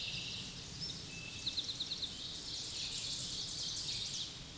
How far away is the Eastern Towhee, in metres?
about 40 m